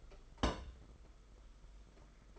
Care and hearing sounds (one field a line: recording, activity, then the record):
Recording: daily activity, microphone in the room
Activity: place on stove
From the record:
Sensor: 5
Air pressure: 991.3 hPa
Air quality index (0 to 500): 91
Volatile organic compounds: 11 ppm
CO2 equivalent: 2307 ppm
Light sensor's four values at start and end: 33/103/40/42 and 33/103/40/42